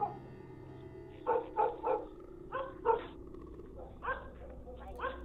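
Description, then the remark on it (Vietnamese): Several dogs in a village bark in short, sharp bursts, a quick cluster of three followed by scattered yaps, over a low steady rumble. The barks are fairly bright but not very loud. “thì ở bên ngoài kia kỳ lạ, tiếng của bầy chó bỗng nhiên sủa lên inh ỏi ở trong làng.”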